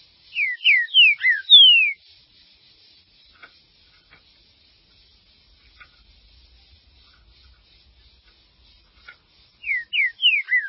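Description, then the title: Green-winged saltator singing a quick run of five descending whistles, then a long quiet gap, then the phrase begins again at the end. "Trinca Ferro"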